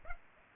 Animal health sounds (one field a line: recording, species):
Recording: mosquito wingbeat signal from an infrared sensor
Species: Culex pipiens